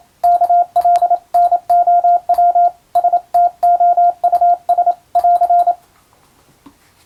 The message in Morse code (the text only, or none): KLNOW STOUS <AR>